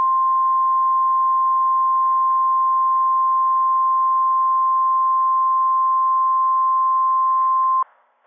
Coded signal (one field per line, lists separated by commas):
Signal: Emergency Alert System (SAME) tones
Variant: 1050 Hz attention tone